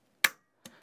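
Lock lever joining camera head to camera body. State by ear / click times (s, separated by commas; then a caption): seated / 0.2 s. On the back of a Panasonic VariCam HS cinema camera body, the lock mechanism with its red lever and black piece is pulled back, and the metal lock lever snaps downward to lock the camera head and body together. A sharp, bright click is heard at 0.3 s, followed by a fainter click at 0.7 s. The lever has seated and the head and body are locked.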